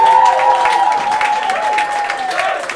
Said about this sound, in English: And then like a massive applause